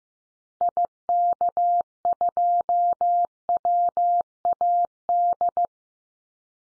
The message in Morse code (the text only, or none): IK2WAD